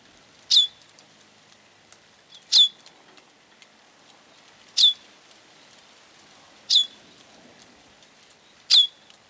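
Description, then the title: Bird repeating a sharp, high, downward-sweeping note roughly every two seconds, five times, over a quiet background. "LuckyPassaro Completos2Sama"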